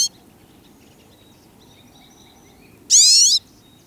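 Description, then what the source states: Pine siskin call: a single harsh, buzzy, upslurred note lasting about half a second, with faint thin tones behind it. Song and calls.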